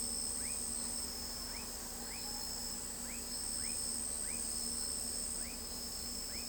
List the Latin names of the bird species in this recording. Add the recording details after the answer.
none. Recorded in pastures near Pivijay, Magdalena, Colombia, on 5 June 2023 at 02:00. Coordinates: 10.456, -74.369. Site P6-G026